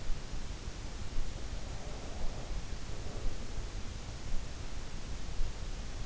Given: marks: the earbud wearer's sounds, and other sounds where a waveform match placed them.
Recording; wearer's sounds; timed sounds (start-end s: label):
sounds in sleep by an in-ear microphone; breath
1.56-3.56 s: breath